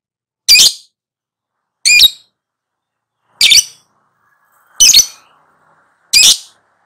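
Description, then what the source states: Lovebird producing five harsh, shrill shrieks spaced evenly, roughly one every second and a half, with silence between. Prompting track (pancingan) meant to get a lovebird to respond and sing vigorously (gacor).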